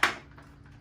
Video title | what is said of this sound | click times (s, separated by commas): Haslab Transformers: War For Cybertron UNICRON Video Review | But, if you hold both sides and kind of push here, you can hear a snap, | 0.0 s